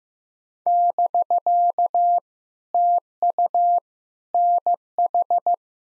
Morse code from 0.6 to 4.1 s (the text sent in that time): <BK> TU